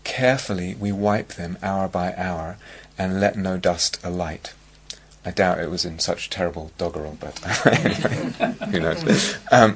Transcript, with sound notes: Carefully we wipe them hour by hour, And let no dust alight. I doubt it was in such terrible doggerel, but... [laughter] Who knows?